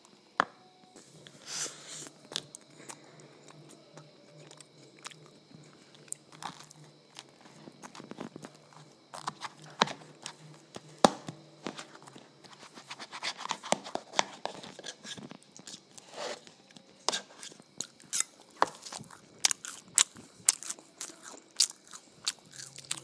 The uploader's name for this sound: Eating Ice Cream and Waffles